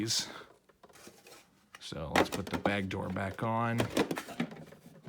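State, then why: Not seated. The plastic bag compartment door of a Eureka The Boss Smart Vac 4870 MZ-2 upright vacuum is being fitted back onto the vacuum body, with a few faint, short handling knocks in the first two seconds. Someone then talks over the rest of the clip. The door has not seated or clicked into place yet.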